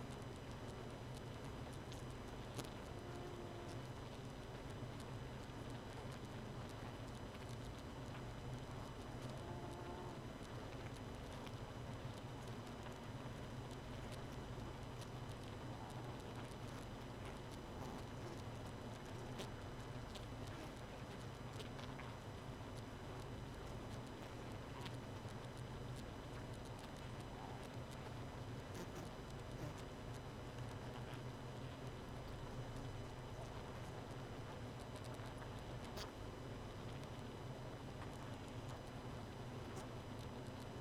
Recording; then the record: honeybee colony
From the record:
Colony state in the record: missing queen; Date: 31 May 2018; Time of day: 0:44